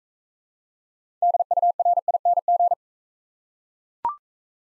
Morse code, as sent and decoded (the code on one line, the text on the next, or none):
-.. ..- .-. .. -. --.
DURING